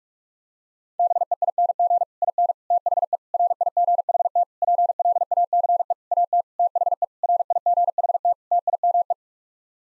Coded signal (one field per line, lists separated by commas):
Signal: Morse code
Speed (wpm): 46 wpm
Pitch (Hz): 700 Hz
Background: none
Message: BEING IN THE RIGHT PLACE AT THE RIGHT TIME